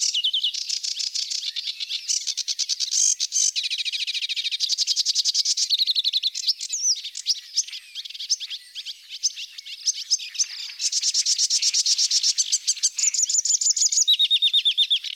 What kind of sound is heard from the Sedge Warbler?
song